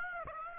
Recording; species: mosquito wingbeat signal from an infrared sensor; Aedes aegypti